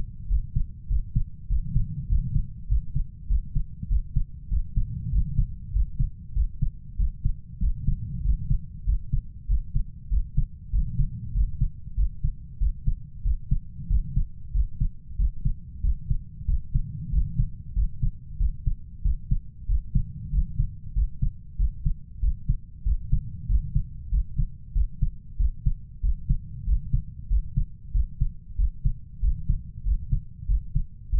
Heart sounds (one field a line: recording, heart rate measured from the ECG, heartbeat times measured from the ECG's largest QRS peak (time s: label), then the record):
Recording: heart sounds by stethoscope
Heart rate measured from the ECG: 95 bpm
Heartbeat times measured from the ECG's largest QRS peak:
0.30 s: heartbeat
0.90 s: heartbeat
1.50 s: heartbeat
2.10 s: heartbeat
2.70 s: heartbeat
3.30 s: heartbeat
3.91 s: heartbeat
4.51 s: heartbeat
5.13 s: heartbeat
5.74 s: heartbeat
6.36 s: heartbeat
6.99 s: heartbeat
7.62 s: heartbeat
8.25 s: heartbeat
8.87 s: heartbeat
9.49 s: heartbeat
10.11 s: heartbeat
10.73 s: heartbeat
11.35 s: heartbeat
11.98 s: heartbeat
12.61 s: heartbeat
13.25 s: heartbeat
13.90 s: heartbeat
14.55 s: heartbeat
15.19 s: heartbeat
15.84 s: heartbeat
16.48 s: heartbeat
17.13 s: heartbeat
17.76 s: heartbeat
18.40 s: heartbeat
19.05 s: heartbeat
19.69 s: heartbeat
20.33 s: heartbeat
20.96 s: heartbeat
21.59 s: heartbeat
22.23 s: heartbeat
22.86 s: heartbeat
23.49 s: heartbeat
24.12 s: heartbeat
24.75 s: heartbeat
25.40 s: heartbeat
26.04 s: heartbeat
26.67 s: heartbeat
27.31 s: heartbeat
27.95 s: heartbeat
28.59 s: heartbeat
29.23 s: heartbeat
29.86 s: heartbeat
30.49 s: heartbeat
31.13 s: heartbeat
From the record:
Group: healthy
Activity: rest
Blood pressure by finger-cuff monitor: 128/71 mmHg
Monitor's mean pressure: 88 mmHg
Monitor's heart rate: 95 bpm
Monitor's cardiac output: 8.1 L/min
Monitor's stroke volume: 85 mL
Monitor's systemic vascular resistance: 800 dyn s/cm5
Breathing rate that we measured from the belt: 20 breaths a minute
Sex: male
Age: 21 years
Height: 175 cm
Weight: 72.6 kg